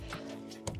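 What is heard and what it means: An angled metal heater hose quick-connector on a 1999–2007 GM vehicle is pushed onto the second heater core pipe over steady background music. A sharp, short click at 0.7 s shows the connector snapping home and seating.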